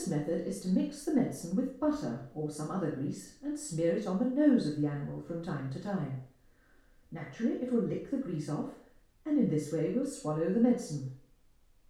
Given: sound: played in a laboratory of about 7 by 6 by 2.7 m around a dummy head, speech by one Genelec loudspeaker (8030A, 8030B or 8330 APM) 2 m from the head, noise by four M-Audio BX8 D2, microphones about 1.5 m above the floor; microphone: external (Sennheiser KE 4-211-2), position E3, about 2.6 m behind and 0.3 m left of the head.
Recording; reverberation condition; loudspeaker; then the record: female speech in English; medium; 150 degrees to the right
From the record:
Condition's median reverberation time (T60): about 510 ms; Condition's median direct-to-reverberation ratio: about -0.5 dB